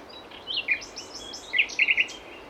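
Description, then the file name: Common nightingale song fragment: soft slurred notes followed by a few quick loud chirps. "Luscinia megarhynchos"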